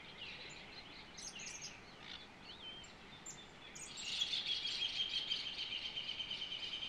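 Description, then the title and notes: Rufous Hornero call, a fast, loud run of piercing notes bursting out midway and pulsing steadily, with other small birds chirping and whistling earlier. At dawn in a domestic house yard at Rincón de Paiva, Centurión, Cerro Largo, Uruguay, 1 October 2023, recorded with a ZOOM H4n Pro. "Amanecer en el Rincón de Paiva (Centurión, Cerro Largo). Hornero, 00: 40""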